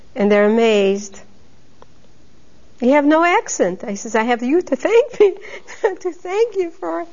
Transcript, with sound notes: and they're amazed, "You have no accent." I says, "I have you to thank. ( she laughs ) to thank you for".